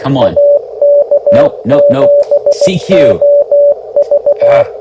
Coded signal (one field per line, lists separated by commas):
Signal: Morse code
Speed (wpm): 16 wpm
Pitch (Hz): 580 Hz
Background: speech, radio noise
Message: AK7OV